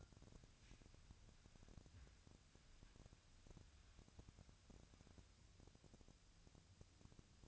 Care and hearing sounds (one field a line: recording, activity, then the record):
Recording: daily activity, microphone in the room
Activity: wipe stove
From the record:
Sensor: 2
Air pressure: 1006.9 hPa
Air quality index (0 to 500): 199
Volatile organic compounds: 14 ppm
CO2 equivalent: 2435 ppm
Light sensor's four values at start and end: 9/23/9/9 and 9/23/9/10